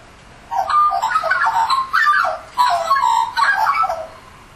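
Australian magpie giving gurgling, flute-like warbles in four loud bursts, each a run of quick rising and falling notes.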